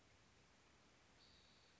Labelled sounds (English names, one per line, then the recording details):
Spotted Towhee
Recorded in Sonoma County, California